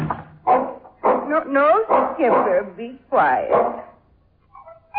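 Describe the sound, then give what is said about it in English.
An old dog named Skipper lets out a run of short barks mixed with high, wavering whimpers, five or so bursts with wobbling pitch, before trailing off into near silence. “No, Skipper, be quiet. He knows, poor old dog.”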